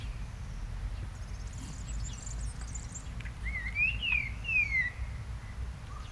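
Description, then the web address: Common blackbird giving a few clear whistled notes, mostly descending, in the second half, over a constant low rumble. "SETE data Turdus merula"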